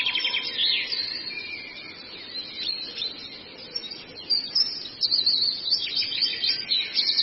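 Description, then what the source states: Long-tailed shrike giving a varied, scratchy medley of high chirps, trills and short whistles, with louder bursts in the second half. Long-tailed shrike song used as a masteran, a tutor song for training birds.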